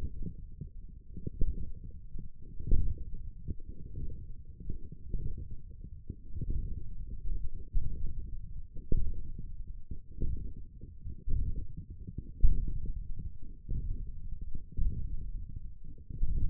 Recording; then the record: forearm muscle sounds (acoustic myography)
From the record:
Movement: wrist flexion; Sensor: system 1, eight BSWA MPA416 microphones around the upper forearm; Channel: 3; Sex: male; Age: 20 years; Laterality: left